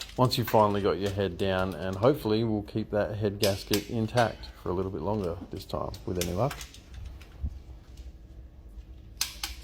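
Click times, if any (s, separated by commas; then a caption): 9.2 s. Someone talks for the first six and a half seconds, then quieter faint noises follow as a torque wrench is tightened on an ARP 12-point cylinder head bolt of a V8 engine block, working in a star pattern. At 9.2 s the torque wrench gives a sharp click as it reaches its setting, followed by a couple of softer clicks.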